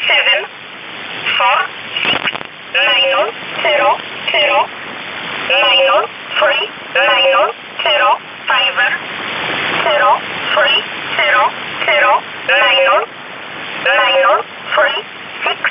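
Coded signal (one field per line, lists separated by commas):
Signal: numbers station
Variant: E11 Oblique, English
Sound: single voice reading short words at a steady pace, about one every 1.3 seconds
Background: radio static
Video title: 24 06 2019 E11 Oblique Numbers station in English 0457 on 7469 unknown tx site in USB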